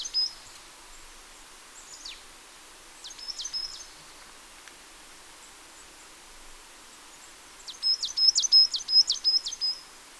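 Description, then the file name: Marsh tit calls: a few scattered high notes early, then a clear run of rapid repeated sharp chirps near the end, over a soft background hiss. "Poecile palustris"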